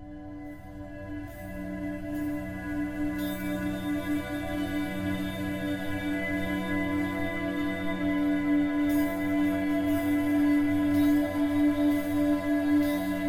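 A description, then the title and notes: Deep sustained bass drones hum beneath a hazy, ringing wash of reverb, swelling gradually louder with occasional bright shimmering bursts overhead. Stonking Bass Drones In A Swirly Cloud Of Reverb.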